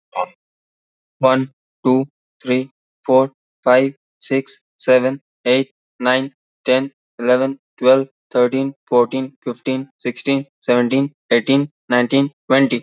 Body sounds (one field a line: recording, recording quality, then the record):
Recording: counting at a normal pace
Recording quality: excellent, no background noise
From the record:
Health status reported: exposed to COVID-19, no respiratory illness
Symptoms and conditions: none ticked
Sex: male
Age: 26 years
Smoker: yes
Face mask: not worn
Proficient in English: yes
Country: India